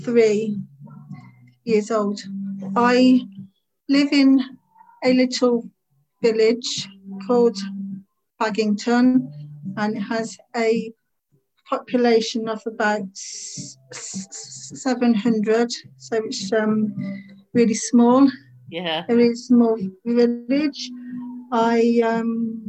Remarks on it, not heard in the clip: I am 57 years old, and I have had a stammer since I was about 3.